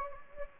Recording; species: mosquito wingbeat signal from an infrared sensor; Anopheles gambiae